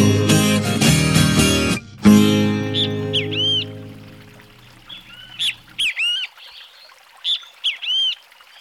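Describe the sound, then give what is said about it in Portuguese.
Countryside songbirds, including bem-te-vi, sabiá and trinca-ferro, sing in short, high, sweeping chirps and whistled bursts, coming in scattered clusters after a loud strummed chord rings out and fades beneath them. “Aí com esses cantos de passarinho aqui do interior para o pessoal de São Paulo, apesar que o Bentivy hoje está mais na cidade do que nos sítios, aí nas fazendas também.”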